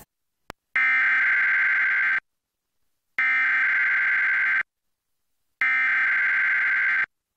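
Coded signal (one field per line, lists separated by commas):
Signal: Emergency Alert System (SAME) tones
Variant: header bursts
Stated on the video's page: Monthly test relayed via Xfinity cable (X1 from IPAWS CAP without audio, Legacy from an FM station), Trilithic EASyPLUS unit, and local TV stations.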